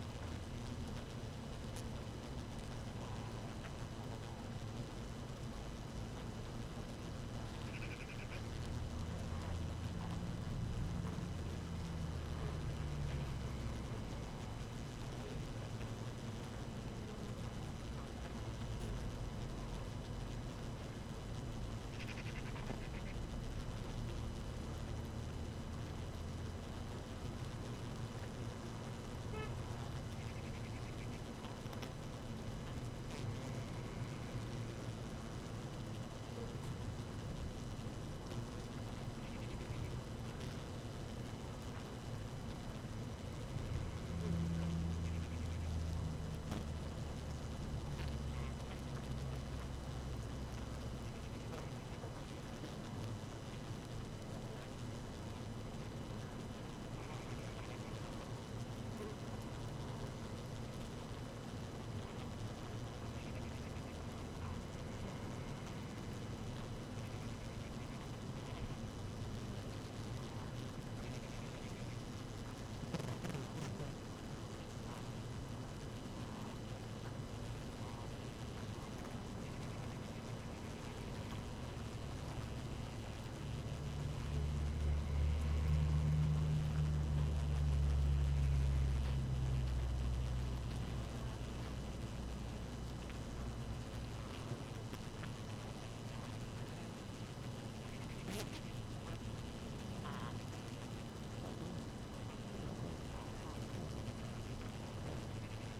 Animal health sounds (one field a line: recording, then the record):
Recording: honeybee colony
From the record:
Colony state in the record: active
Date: 12 June 2018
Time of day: 6:01